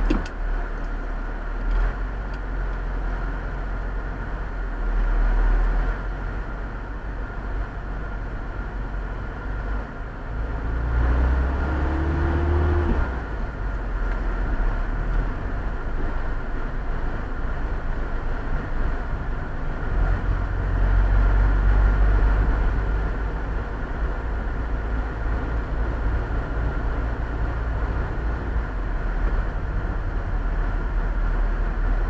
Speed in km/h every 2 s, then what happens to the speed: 0, 0, 0, 0, 0, 0, 0, 0, 1, 1, 2, 3, 4, 9, 17, 26.
0-21 standing. 21-32 pulls away to 26.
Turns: none.